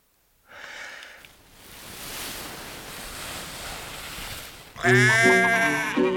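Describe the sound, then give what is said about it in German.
Sheep bleat at a livestock show on a meadow: a short wavering bleat, then a long stretch of steady rushing noise, and finally a loud, harsh, quavering bleat that fills the end. “Die Wiese füllte sich, die Viehschau begann. Schweine, Kühe, Kälber, Schafe, Pferde.”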